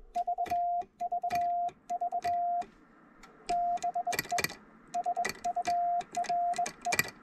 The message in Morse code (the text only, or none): VVV BE SURE